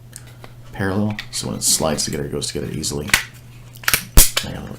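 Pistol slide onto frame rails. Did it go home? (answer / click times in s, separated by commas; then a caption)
yes / 4.2 s. A steel slide assembly from a Glock 27 Gen 3 pistol is slid back onto the polymer frame rails, kept parallel as someone talks. A few sharp metallic ticks come near 3.9 s, then the slide seats onto the frame with a crisp click at 4.2 s.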